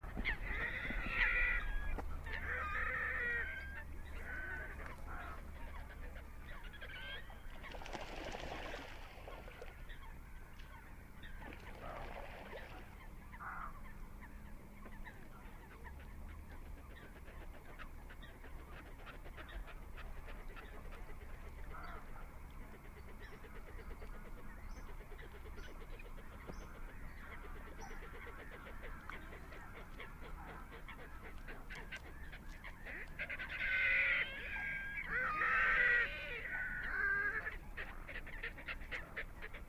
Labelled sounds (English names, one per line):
Red-necked Grebe call